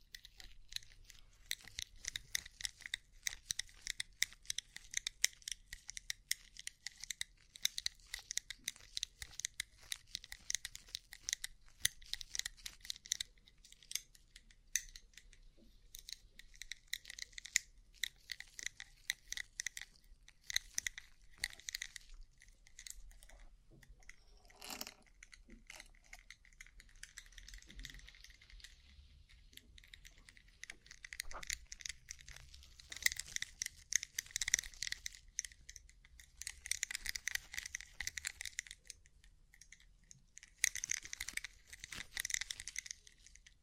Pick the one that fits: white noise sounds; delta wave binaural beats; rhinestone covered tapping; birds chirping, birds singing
rhinestone covered tapping